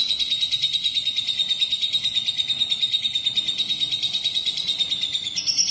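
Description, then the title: Lovebird song: an even, fast, pulsing chatter on a steady high pitch, very regular and continuous, with a brief higher squeak near the end. "BM Suara Burung Lovebird"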